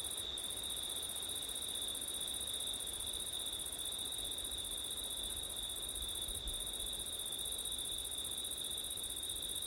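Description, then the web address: Steady high cricket song, an even metallic trill, with two brief dips in the upper band and faint low wind noise throughout. Crickets singing at night in September, recorded in windy conditions; ORTF microphone setup. "audio crickets wind september night ortif"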